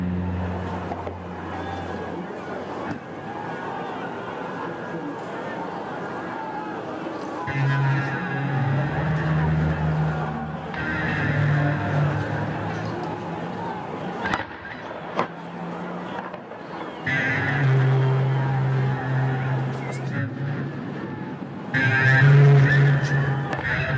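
Recorded at an ongoing protest in Belarus, voices and crowd murmur fill the scene with a steady low rumble underneath. Louder stretches of chanting or shouting swell around eight to thirteen seconds and again after seventeen seconds, with a sharp knock near fifteen seconds.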